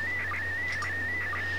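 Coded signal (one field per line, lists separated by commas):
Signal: SSTV (slow-scan television)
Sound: warbling tone near 2 kHz, broken by short low chirps about twice a second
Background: low mains hum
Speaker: I'm gonna have to shut this off now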